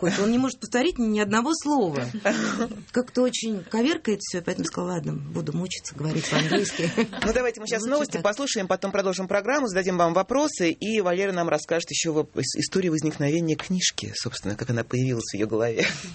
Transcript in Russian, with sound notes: Он не может повторить ни одного слова. Как-то очень коверкает все. Я поэтому сказала, ладно, буду мучиться, говорить по-английски…
(смех) Ну, давайте мы сейчас новости послушаем, потом продолжим программу, зададим вам вопросы, и Валерия нам расскажет еще историю возникновения книжки, собственно, как она появилась в ее голове.